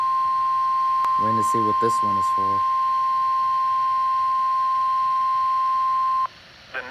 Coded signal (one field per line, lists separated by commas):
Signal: Emergency Alert System (SAME) tones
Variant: 1050 Hz attention tone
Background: speech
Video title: Tornado Warning (EAS #203) 6/26/21